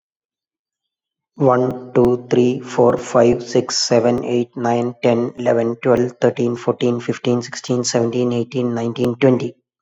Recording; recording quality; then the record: counting at a fast pace; excellent, no background noise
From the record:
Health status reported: exposed to COVID-19, no respiratory illness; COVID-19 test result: negative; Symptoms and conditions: cough, sore throat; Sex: male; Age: 40 years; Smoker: not ticked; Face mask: not worn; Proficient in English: yes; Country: India